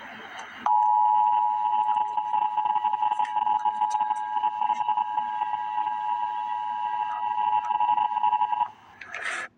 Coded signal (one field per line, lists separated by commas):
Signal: Emergency Alert System (SAME) tones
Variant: 853 and 960 Hz attention tone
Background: speech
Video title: Emergency Alert System - Special Weather Statement - Dec 31, 2025 at 7:56 PM EST